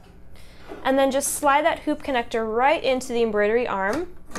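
Someone talks while the plastic hoop connector on the side of an embroidery hoop is slid into the embroidery arm of a sewing/embroidery machine; it must snap all the way in because that is how the machine detects the hoop. A brief sharp sound comes right at the end, around 4.4 s, but the connector has not yet snapped into place and nothing has seated.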